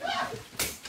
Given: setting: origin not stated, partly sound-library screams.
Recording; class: one-second piece from a danger detection set; woman in danger